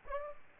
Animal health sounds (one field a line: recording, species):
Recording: mosquito wingbeat signal from an infrared sensor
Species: Aedes aegypti